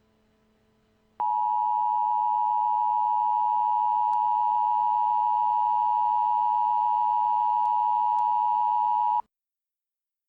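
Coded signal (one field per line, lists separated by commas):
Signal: Emergency Alert System (SAME) tones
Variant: 853 and 960 Hz attention tone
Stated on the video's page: Simulated EAS scenario about a Hudson River Valley flood, a fictional recreation rather than a real alert.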